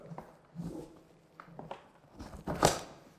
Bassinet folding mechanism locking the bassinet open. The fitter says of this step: żeby kliknęło i zobaczcie w tym momencie gondola nam urosła jak ciasto i